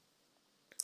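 A metal backing piece is pressed onto the prongs of a bag button pushed through a satin lining. After near silence, a soft tap at 0.7 s leads into a sharp, bright click at 0.8 s as the backing clips on and seats.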